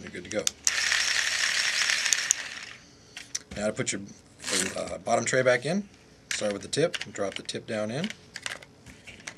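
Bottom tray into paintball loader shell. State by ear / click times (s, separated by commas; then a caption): not seated / none. The plastic bottom tray of a Dye Rotor paintball loader is handled and lowered tip first into the loader shell, with rattling plastic and a few sharp clicks between about 0.7 and 3.4 seconds while someone talks. The tray has not yet been pushed down, and nothing has seated or clicked into place yet.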